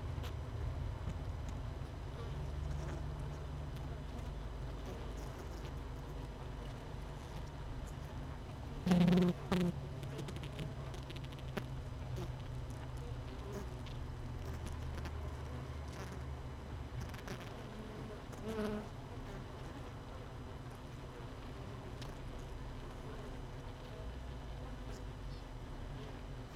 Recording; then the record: honeybee colony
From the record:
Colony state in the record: missing queen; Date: 31 May 2018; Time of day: 17:39